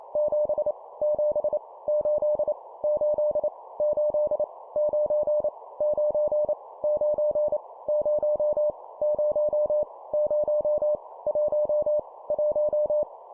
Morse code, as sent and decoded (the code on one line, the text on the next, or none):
--... / --... / ---.. / ---.. / ---.. / ----. / ----. / ----. / ----- / ----- / ----- / .---- / .----
7 7 8 8 8 9 9 9 0 0 0 1 1